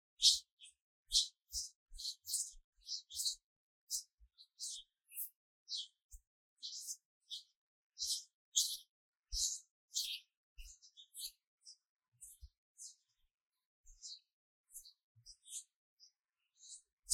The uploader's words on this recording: 手的聲音 | Hand Sounds | No Talking. The various sounds of this hand.